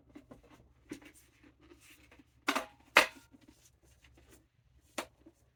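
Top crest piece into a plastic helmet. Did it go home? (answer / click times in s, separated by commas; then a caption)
yes / 3.0 s. The separate top crest piece of a plastic Lord Drakkon collectible role-play helmet is pressed onto the helmet amid soft handling rustles, with a sharp knock at 2.5 s. The piece clicks into place with the loudest sharp snap at 3.0 s, and the assembly is nice and easy. Another brief tap follows at 5.0 s.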